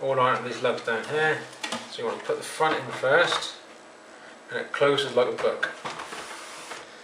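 Someone talks while handling the plastic top lid of a PS3 game console, lining it up on its lugs and setting the front in first so it can close like a book. Soft handling sounds come between the talking. Nothing has seated or clicked yet.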